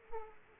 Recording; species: mosquito wingbeat signal from an infrared sensor; Aedes aegypti